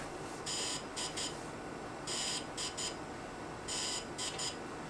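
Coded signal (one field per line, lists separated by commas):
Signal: beep code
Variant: DJI Phantom 3 aircraft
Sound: three groups of high beeps, each one longer beep then two short, repeating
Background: background hiss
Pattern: 1 long, 2 short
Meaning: The firmware update has completed successfully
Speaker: the 123 sound is acknowledging that the firmware update has completed successfully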